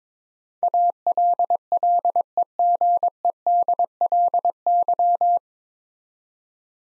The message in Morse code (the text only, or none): ALLEGEDLY